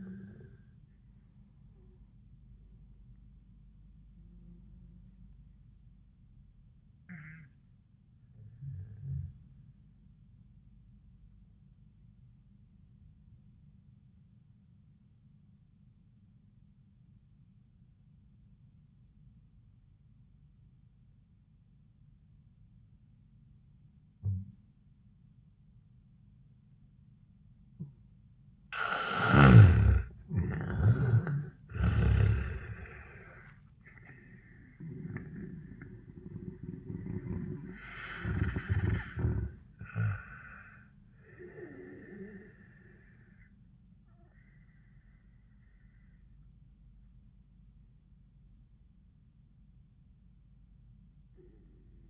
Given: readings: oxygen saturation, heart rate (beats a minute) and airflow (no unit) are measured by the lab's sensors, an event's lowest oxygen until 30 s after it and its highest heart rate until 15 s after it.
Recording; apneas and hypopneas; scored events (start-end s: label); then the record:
a person awake in a sleep study, by a smartphone at the bedside; 1
5.00-35.00 s: awake
5.00-35.00 s: new sleep stage, awake
11.00-30.70 s: obstructive apnea (scored as awake, oxygen 98% highest, then 76% lowest, heart rate 90 at the start, 100 highest)
35.00-52.10 s: new sleep stage, N1 (lightest sleep)
From the record:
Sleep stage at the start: N1 (lightest sleep); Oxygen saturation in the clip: 76 to 98%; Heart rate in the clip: 75 to 100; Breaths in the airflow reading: 6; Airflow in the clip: -12.2 to 14.8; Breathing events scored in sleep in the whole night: 400 in 8.7 hours asleep